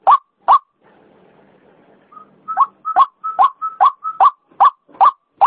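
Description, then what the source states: White-breasted waterhen giving harsh repeated notes, a short pause with faint low noise, then brief whistled notes alternating with the rasping calls. Female call, used as a lure sound.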